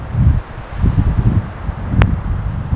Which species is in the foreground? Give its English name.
Common Blackbird